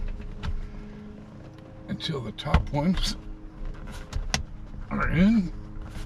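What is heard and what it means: The top retaining clips of the upholstery cover on a 2013 Chevy Silverado driver's seat are handled and pushed down toward the seat frame during a manual lumbar fix and replacement, with rustling, light knocks and a sharp tap around 4.3 seconds. Someone talks throughout. Nothing has seated or clicked home yet.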